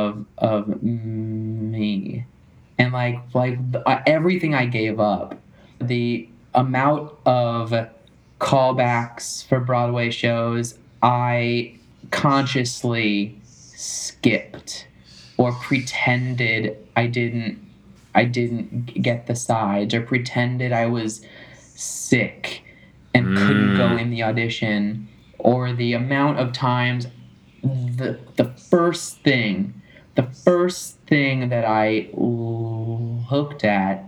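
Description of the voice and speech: Adult male speaker who stutters, talking with prolonged sounds, repeated words and phrases, and frequent pauses between speech bursts. He is a New York City actor and singer and a stuttering advocate, who has moved from hiding his stutter to stuttering openly.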